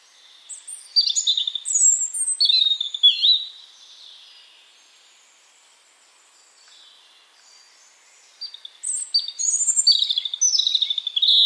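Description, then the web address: European robin song in two phrases separated by a pause: high, tinkling warbled notes mixing thin whistles and rapid twittering trills, the second phrase bright and fast. "Deverinetal 2025 File origin Bird Only Er Ru"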